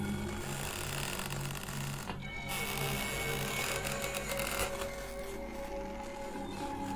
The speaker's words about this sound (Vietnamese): Tiếng bước chân dừng lại ở trước cửa phòng của ông ta. Cánh cửa từ từ mở ra, vang lên những tiếng rin rít cũ kỹ.